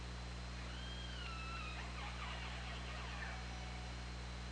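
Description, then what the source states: Orca calls, a long level tone with harmonics followed by a jumble of shorter rising and falling cries, over continuous low hum and hiss. Underwater recording from the OrcaLab hydrophone, 24 August 2017, at 20:47:59.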